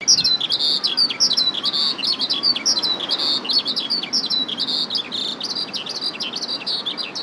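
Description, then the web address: Eurasian skylark song, an unbroken stream of rapid, high chirruping and trilled notes pouring on without pause, with a low rumble of background noise. "izumino saunndo hibari"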